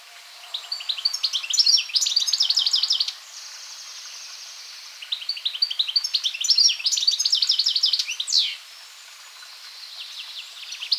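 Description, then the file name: European goldfinch song: two bursts of fast, tinkling twitters separated by a short pause, the second ending with a sharp descending note. "Carduelis carduelis"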